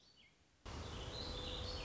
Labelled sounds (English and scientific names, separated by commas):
Warbling Vireo (Vireo gilvus)